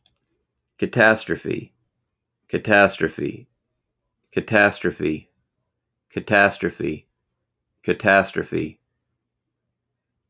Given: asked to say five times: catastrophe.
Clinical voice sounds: repeated word; male; 30 to 39 years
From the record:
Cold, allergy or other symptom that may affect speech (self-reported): no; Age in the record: 38 years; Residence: Texas, United States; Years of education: 16

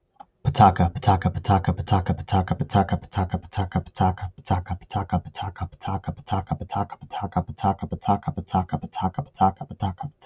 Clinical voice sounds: repeated syllables /pa ta ka/; male; 20 to 29 years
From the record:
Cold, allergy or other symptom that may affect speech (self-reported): no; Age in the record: 28 years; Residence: New York, United States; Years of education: 12

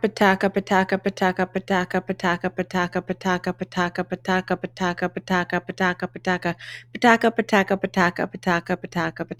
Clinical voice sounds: repeated syllables /pa ta ka/; female; 30 to 39 years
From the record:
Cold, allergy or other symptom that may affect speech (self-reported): no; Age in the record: 36 years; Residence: New Jersey, United States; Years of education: 16

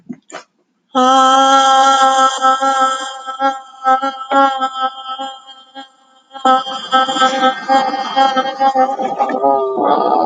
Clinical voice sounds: vowel held as long as possible; female; 30 to 39 years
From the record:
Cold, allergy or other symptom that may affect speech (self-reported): no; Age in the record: 35 years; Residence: Georgia, United States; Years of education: 16

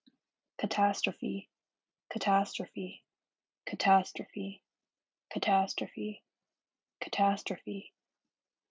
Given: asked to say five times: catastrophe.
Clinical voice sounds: repeated word; female; 18 to 19 years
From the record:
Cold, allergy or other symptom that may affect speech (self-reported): no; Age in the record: 19 years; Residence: California, United States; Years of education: 13

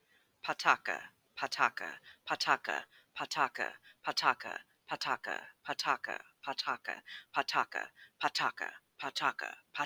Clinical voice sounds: repeated syllables /pa ta ka/; female; 20 to 29 years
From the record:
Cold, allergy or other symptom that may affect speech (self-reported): no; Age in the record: 28 years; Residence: United States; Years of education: 14

